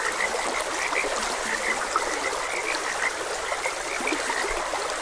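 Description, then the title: Frog croaks, brief bright notes repeated in quick succession, heard over continuous trickling stream water. Frogs croaking beside a gentle stream. "Gentle Stream and Frogs Croaking"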